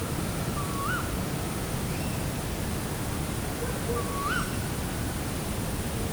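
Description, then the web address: Tawny owl calling twice, each a sharp, rising note, about three seconds apart, against steady hiss. Tawny owl in flight in nature at night in Perkupa, 2015. "allathangok termeszetben macskabagoly 2015 mozgasbanlevomadar ejszaka perkupa"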